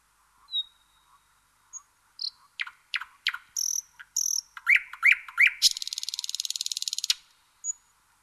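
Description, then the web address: Bird calling with a high whistled note, rapid clicks and chirps, three rising slurred notes, then a long buzzy trill, followed by one last faint whistle. "Звуки Птицы"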